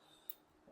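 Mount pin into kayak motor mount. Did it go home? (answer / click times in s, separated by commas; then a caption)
yes / 0.3 s. A mount pin is fed through a Garmin Force Current kayak motor mount on a Vibe Shearwater 125 kayak until it seats. A single quiet, sharp click is heard at 0.3 s against a low steady background. The pin is set.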